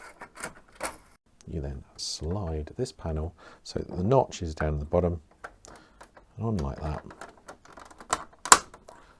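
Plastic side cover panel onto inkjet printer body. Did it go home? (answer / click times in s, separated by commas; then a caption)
yes / 8.5 s. Someone talks while sliding the plastic side cover panel onto an XP520-XP540 inkjet printer body, notch at the bottom, after replacing the waste ink pads; light handling taps are heard. Two sharp clicks at 8.5 s mark the panel snapping into place, and it is seated.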